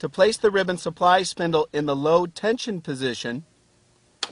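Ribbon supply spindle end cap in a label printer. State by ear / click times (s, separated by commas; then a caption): seated / 4.2 s. Someone talks, then after a short quiet a sharp click at 4.2 s marks the plastic end cap of the ribbon supply spindle in a Z4Mplus barcode label printer being pushed in. The cap retracts and clicks into place, setting the spindle to its low-tension position.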